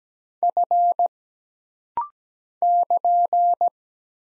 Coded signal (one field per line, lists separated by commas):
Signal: Morse code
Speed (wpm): 17 wpm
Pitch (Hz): 700 Hz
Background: none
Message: F <KN>